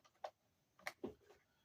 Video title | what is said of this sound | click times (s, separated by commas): GMC Acadia Intake Manifold Replacement 2007-2016 (V6 3.6L) | Make sure you hear that snap. | 0.2 s, 0.9 s